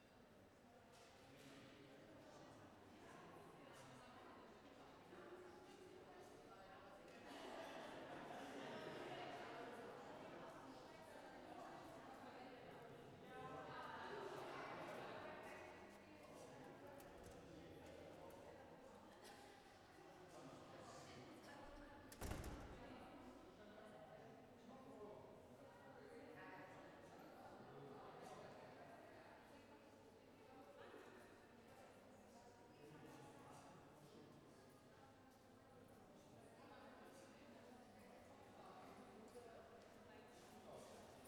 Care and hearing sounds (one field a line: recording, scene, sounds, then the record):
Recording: everyday scene through a hearing-aid microphone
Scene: reverberant space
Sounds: background noise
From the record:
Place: railway station hall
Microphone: behind the ear, left, rear